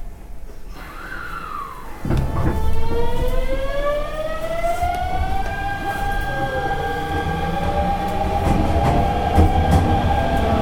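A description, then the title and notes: A Hanshin Electric Railway 5500 series train runs with a steady low rumble of wheels and track. From about two seconds a motor whine rises and glides upward in pitch, settling into a sustained tone, while faint clicks and rattles recur throughout. 阪神電気鉄道 5500系電車の走行音です。 普通列車で録音しました。 区間は、高速神戸から御影までです。 Running sound of the Hanshin Electric Railway 5500 series train.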